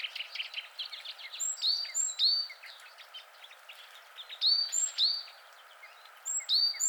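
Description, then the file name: Great tit calling in quick series of clear, sharp notes with brief upward flicks, several bursts with pauses between, some softer chips around them over low hiss. "Parus major"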